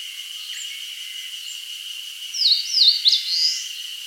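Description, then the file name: Eastern crowned warbler giving two downward-swept notes, then a longer upward-slurred note, after faint thin calls, above a steady high drone. "Phylloscopus coronatus"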